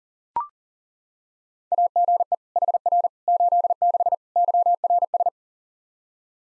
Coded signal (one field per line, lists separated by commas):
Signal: Morse code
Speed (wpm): 40 wpm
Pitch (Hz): 700 Hz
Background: none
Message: AGE HR 86 YRS